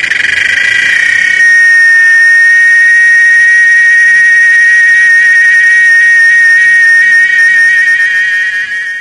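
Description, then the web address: Cicada, a steady shrill buzzing drone held throughout with a fast pulsing texture, starting with a brief noisier burst in the first second and a half. "la chicharra"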